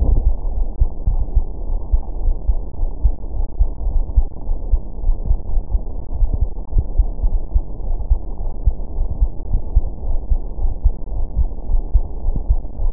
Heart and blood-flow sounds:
heart sounds
0.00	0.02	diastole
0.02	0.20	S1
0.20	0.24	systole
0.24	0.36	S2
0.36	0.58	diastole
0.58	0.68	S1
0.68	0.80	systole
0.80	0.88	S2
0.88	1.10	diastole
1.10	1.26	S1
1.26	1.34	systole
1.34	1.44	S2
1.44	1.68	diastole
1.68	1.80	S1
1.80	1.92	systole
1.92	2.02	S2
2.02	2.24	diastole
2.24	2.36	S1
2.36	2.48	systole
2.48	2.60	S2
2.60	2.82	diastole
2.82	2.92	S1
2.92	3.04	systole
3.04	3.14	S2
3.14	3.36	diastole
3.36	3.48	S1
3.48	3.60	systole
3.60	3.68	S2
3.68	3.88	diastole
3.88	4.04	S1
4.04	4.16	systole
4.16	4.26	S2
4.26	4.48	diastole
4.48	4.58	S1
4.58	4.70	systole
4.70	4.80	S2
4.80	5.04	diastole
5.04	5.16	S1
5.16	5.28	systole
5.28	5.38	S2
5.38	5.56	diastole
5.56	5.66	S1
5.66	5.82	systole
5.82	5.92	S2
5.92	6.18	diastole
6.18	6.30	S1
6.30	6.40	systole
6.40	6.50	S2
6.50	6.74	diastole
6.74	6.86	S1
6.86	6.98	systole
6.98	7.10	S2
7.10	7.32	diastole
7.32	7.42	S1
7.42	7.54	systole
7.54	7.64	S2
7.64	7.86	diastole
7.86	7.98	S1
7.98	8.10	systole
8.10	8.18	S2
8.18	8.42	diastole
8.42	8.52	S1
8.52	8.64	systole
8.64	8.74	S2
8.74	8.96	diastole
8.96	9.08	S1
9.08	9.20	systole
9.20	9.30	S2
9.30	9.52	diastole
9.52	9.62	S1
9.62	9.74	systole
9.74	9.84	S2
9.84	10.06	diastole
10.06	10.18	S1
10.18	10.32	systole
10.32	10.42	S2
10.42	10.62	diastole
10.62	10.72	S1
10.72	10.84	systole
10.84	10.94	S2
10.94	11.14	diastole
11.14	11.26	S1
11.26	11.38	systole
11.38	11.48	S2
11.48	11.70	diastole
11.70	11.84	S1
11.84	11.94	systole
11.94	12.04	S2
12.04	12.26	diastole
12.26	12.36	S1
12.36	12.48	systole
12.48	12.60	S2
12.60	12.82	diastole
12.82	12.92	S1
12.92	12.93	systole
From the record:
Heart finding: coronary artery disease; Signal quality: good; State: rest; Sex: female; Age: 66 years

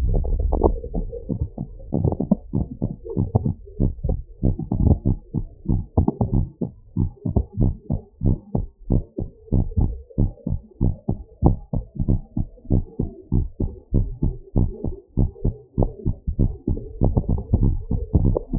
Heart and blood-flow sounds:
heart sounds
0.00	8.26	noise
8.26	8.38	S1
8.38	8.56	systole
8.56	8.66	S2
8.66	8.90	diastole
8.90	9.02	S1
9.02	9.20	systole
9.20	9.28	S2
9.28	9.52	diastole
9.52	9.64	S1
9.64	9.78	systole
9.78	9.92	S2
9.92	10.18	diastole
10.18	10.30	S1
10.30	10.48	systole
10.48	10.60	S2
10.60	10.82	diastole
10.82	10.94	S1
10.94	11.10	systole
11.10	11.20	S2
11.20	11.44	diastole
11.44	11.56	S1
11.56	11.74	systole
11.74	11.84	S2
11.84	12.06	diastole
12.06	12.20	S1
12.20	12.38	systole
12.38	12.48	S2
12.48	12.72	diastole
12.72	12.84	S1
12.84	13.00	systole
13.00	13.10	S2
13.10	13.34	diastole
13.34	13.46	S1
13.46	13.62	systole
13.62	13.72	S2
13.72	13.96	diastole
13.96	14.08	S1
14.08	14.24	systole
14.24	14.34	S2
14.34	14.58	diastole
14.58	14.70	S1
14.70	14.86	systole
14.86	14.94	S2
14.94	15.18	diastole
15.18	15.30	S1
15.30	15.46	systole
15.46	15.56	S2
15.56	15.78	diastole
15.78	15.90	S1
15.90	16.06	systole
16.06	16.16	S2
16.16	16.40	diastole
16.40	16.52	S1
16.52	16.68	systole
16.68	16.78	S2
16.78	17.02	diastole
17.02	17.14	S1
17.14	17.30	systole
17.30	17.44	S2
17.44	17.64	diastole
17.64	17.78	S1
17.78	17.92	systole
17.92	18.00	S2
18.00	18.24	diastole
18.24	18.38	S1
18.38	18.54	systole
18.54	18.59	S2
From the record:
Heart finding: normal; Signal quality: good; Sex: female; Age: 67 years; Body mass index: 30.6

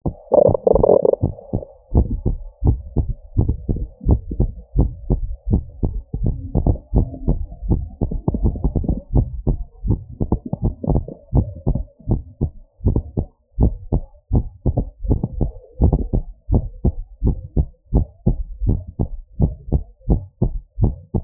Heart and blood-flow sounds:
heart sounds
0.00	1.94	noise
1.94	2.08	S1
2.08	2.28	systole
2.28	2.38	S2
2.38	2.66	diastole
2.66	2.80	S1
2.80	2.98	systole
2.98	3.08	S2
3.08	3.38	diastole
3.38	3.56	S1
3.56	3.76	systole
3.76	3.86	S2
3.86	4.08	diastole
4.08	4.20	S1
4.20	4.38	systole
4.38	4.50	S2
4.50	4.78	diastole
4.78	4.92	S1
4.92	5.12	systole
5.12	5.22	S2
5.22	5.50	diastole
5.50	5.64	S1
5.64	5.84	systole
5.84	5.94	S2
5.94	6.22	diastole
6.22	6.36	S1
6.36	6.62	systole
6.62	6.74	S2
6.74	6.96	diastole
6.96	7.08	S1
7.08	7.28	systole
7.28	7.40	S2
7.40	7.68	diastole
7.68	7.82	S1
7.82	8.02	systole
8.02	8.12	S2
8.12	8.40	diastole
8.40	8.54	S1
8.54	8.74	systole
8.74	8.86	S2
8.86	9.14	diastole
9.14	9.28	S1
9.28	9.48	systole
9.48	9.58	S2
9.58	9.86	diastole
9.86	10.00	S1
10.00	10.22	systole
10.22	10.30	S2
10.30	10.62	diastole
10.62	10.72	S1
10.72	10.90	systole
10.90	11.04	S2
11.04	11.34	diastole
11.34	11.46	S1
11.46	11.68	systole
11.68	11.82	S2
11.82	12.10	diastole
12.10	12.22	S1
12.22	12.42	systole
12.42	12.52	S2
12.52	12.86	diastole
12.86	12.98	S1
12.98	13.18	systole
13.18	13.28	S2
13.28	13.60	diastole
13.60	13.74	S1
13.74	13.94	systole
13.94	14.04	S2
14.04	14.34	diastole
14.34	14.44	S1
14.44	14.66	systole
14.66	14.76	S2
14.76	15.06	diastole
15.06	15.20	S1
15.20	15.40	systole
15.40	15.52	S2
15.52	15.82	diastole
15.82	15.94	S1
15.94	16.14	systole
16.14	16.24	S2
16.24	16.52	diastole
16.52	16.64	S1
16.64	16.86	systole
16.86	16.96	S2
16.96	17.24	diastole
17.24	17.36	S1
17.36	17.58	systole
17.58	17.66	S2
17.66	17.94	diastole
17.94	18.06	S1
18.06	18.28	systole
18.28	18.38	S2
18.38	18.64	diastole
18.64	18.78	S1
18.78	19.00	systole
19.00	19.10	S2
19.10	19.40	diastole
19.40	19.52	S1
19.52	19.72	systole
19.72	19.82	S2
19.82	20.10	diastole
20.10	20.22	S1
20.22	20.42	systole
20.42	20.52	S2
20.52	20.82	diastole
20.82	20.94	S1
20.94	21.16	systole
21.16	21.24	S2
From the record:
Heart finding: normal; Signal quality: good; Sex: female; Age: 45 years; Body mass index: 26.6

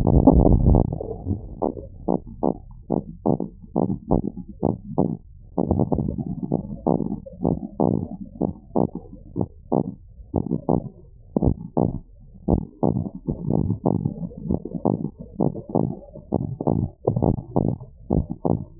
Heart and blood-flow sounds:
heart sounds
0.00	2.04	noise
2.04	2.19	S1
2.19	2.40	systole
2.40	2.51	S2
2.51	2.89	diastole
2.89	3.02	S1
3.02	3.24	systole
3.24	3.36	S2
3.36	3.76	diastole
3.76	3.88	S1
3.88	4.08	systole
4.08	4.21	S2
4.21	4.60	diastole
4.60	4.73	S1
4.73	4.97	systole
4.97	5.09	S2
5.09	5.72	diastole
5.72	5.81	S1
5.81	6.09	systole
6.09	6.20	S2
6.20	6.50	diastole
6.50	6.58	S1
6.58	6.96	systole
6.96	7.06	S2
7.06	7.50	diastole
7.50	7.76	S1
7.76	7.92	systole
7.92	7.98	S2
7.98	8.38	diastole
8.38	8.50	S1
8.50	8.76	systole
8.76	8.86	S2
8.86	9.36	diastole
9.36	9.46	S1
9.46	9.70	systole
9.70	9.84	S2
9.84	10.30	diastole
10.30	10.42	S1
10.42	10.67	systole
10.67	10.79	S2
10.79	11.38	diastole
11.38	11.52	S1
11.52	11.74	systole
11.74	11.92	S2
11.92	12.46	diastole
12.46	12.57	S1
12.57	12.82	systole
12.82	12.96	S2
12.96	13.45	diastole
13.45	13.59	S1
13.59	14.04	systole
14.04	14.16	S2
14.16	14.44	diastole
14.44	14.59	S1
14.59	14.83	systole
14.83	14.99	S2
14.99	15.37	diastole
15.37	15.50	S1
15.50	15.72	systole
15.72	15.88	S2
15.88	16.28	diastole
16.28	16.45	S1
16.45	16.65	systole
16.65	16.79	S2
16.79	17.17	diastole
17.17	17.29	S1
17.29	17.61	systole
17.61	17.74	S2
17.74	18.08	diastole
18.08	18.23	S1
18.23	18.43	systole
18.43	18.57	S2
18.57	18.80	diastole
From the record:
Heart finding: normal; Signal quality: good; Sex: female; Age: 21 years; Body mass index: 19.7

